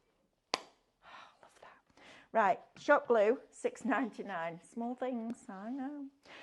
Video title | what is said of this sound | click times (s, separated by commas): In The Studio | so if you want that and it's sealed did you hear that click love that let's do that again ready love that | 0.5 s